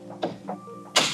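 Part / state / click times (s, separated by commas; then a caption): plastic guide piece into notch of tonneau cover panel / seated / 1.0 s. A plastic guide piece is centered over the notch in a tonneau cover panel and pushed down. Two softer knocks come first, then a sharp, bright click at 0.97 s as it pops down and seats in place in the notch.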